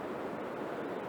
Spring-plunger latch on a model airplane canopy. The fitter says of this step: so there's no there's no clicking yeah